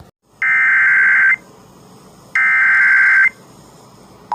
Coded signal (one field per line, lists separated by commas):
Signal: Emergency Alert System (SAME) tones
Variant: header bursts